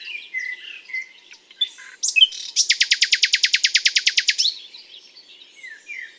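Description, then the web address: Common nightingale singing soft varied warbles, then a few sharp notes leading into a long, fast, evenly repeated trill that fades into quiet phrases. "SETE data Luscinia megarhynchos"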